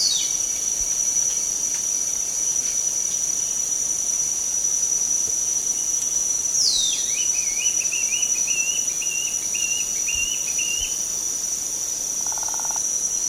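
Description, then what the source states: Dusky Broadbill calls: a sharp descending sweep, then a quick run of bouncing high notes. A constant shrill insect drone continues throughout. Recorded on 1 May 2007.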